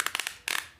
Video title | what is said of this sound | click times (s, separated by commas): WHATS IN MY BATTLE BOX (not what you’re thinking) | if you hear those clicks this thing is just amazing | 0.0 s, 0.1 s, 0.2 s, 0.5 s, 0.6 s